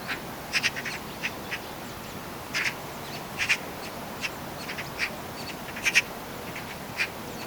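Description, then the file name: Eurasian magpie giving short, harsh, rasping notes, scattered irregularly, some in quick pairs, over a steady background hiss. "Pica pica"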